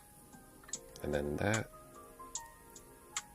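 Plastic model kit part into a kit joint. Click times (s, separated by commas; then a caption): 3.2 s. A plastic model kit part is pressed into a kit joint while someone talks, with a few light plastic ticks and a sharper click at 3.2 s. The part does not click in enough or go in deep enough, so it is not fully seated.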